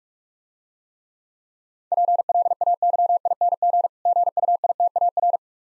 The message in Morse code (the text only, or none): PLAYING GUITAR